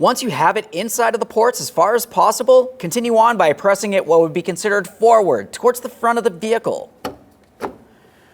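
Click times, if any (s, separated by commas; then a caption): 7.1 s. Someone talks while a plastic front exterior door handle on a 2015-2019 Subaru Outback is inserted into its two ports and pushed forward toward the front of the vehicle into its door bracket. A sharp click at 7.1 s, followed by a fainter tick, marks the handle locking into place.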